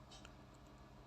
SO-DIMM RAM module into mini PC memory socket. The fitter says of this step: until the click yes we have we hear the click